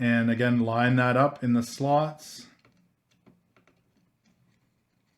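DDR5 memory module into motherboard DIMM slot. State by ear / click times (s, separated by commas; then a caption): not seated / none. Someone talks while a second Corsair Vengeance RGB DDR5 memory stick is positioned in a DIMM slot on an MSI MPG Z690 Carbon WiFi motherboard, with its notch lined up before it is pushed home. After the talk ends, a few faint, brief handling ticks follow between about 2.6 and 4.3 seconds. The module has not yet seated or clicked into place.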